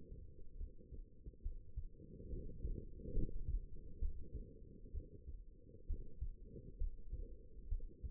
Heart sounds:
heart sounds by stethoscope; 67 bpm
0.56 s: heartbeat
1.42 s: heartbeat
2.29 s: heartbeat
3.13 s: heartbeat
3.99 s: heartbeat
4.91 s: heartbeat
5.86 s: heartbeat
6.77 s: heartbeat
7.68 s: heartbeat
From the record:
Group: healthy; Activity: rest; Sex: female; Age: 22 years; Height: 171 cm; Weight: 65.6 kg

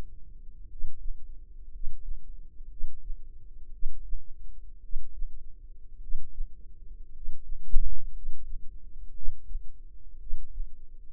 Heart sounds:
heart sounds by microphone in the left ear; 57 bpm
0.65 s: heartbeat
1.68 s: heartbeat
2.66 s: heartbeat
3.69 s: heartbeat
4.79 s: heartbeat
5.98 s: heartbeat
7.10 s: heartbeat
8.10 s: heartbeat
9.11 s: heartbeat
10.17 s: heartbeat
From the record:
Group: healthy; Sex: male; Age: 25 years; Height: 170 cm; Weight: 70.4 kg

